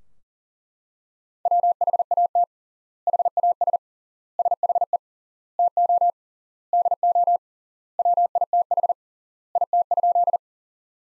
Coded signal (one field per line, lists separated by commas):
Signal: Morse code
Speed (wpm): 40 wpm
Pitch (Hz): 700 Hz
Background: none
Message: WHAT HAS SHE TO DO WITH IT?